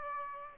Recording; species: mosquito wingbeat signal from an infrared sensor; Aedes aegypti